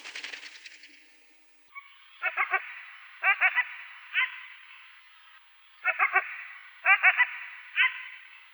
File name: Calidris pugnax